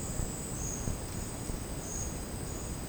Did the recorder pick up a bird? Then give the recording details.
no. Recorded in secondary vegetation near Puerto Asís, Putumayo, Colombia, on 12 March 2025 at 12:00. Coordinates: 0.481, -76.318. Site G097